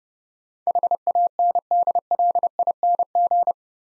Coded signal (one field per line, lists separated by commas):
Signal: Morse code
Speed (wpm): 29 wpm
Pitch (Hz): 700 Hz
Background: none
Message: HANDLING